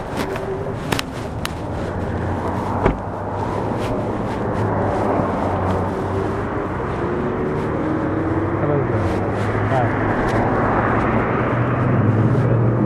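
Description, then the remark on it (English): A bus pulls in with a deep, steady engine rumble that swells slightly toward the end, a few sharp clicks early on, and faint murmuring voices beneath the drone. “Lucky, I see the bus coming.”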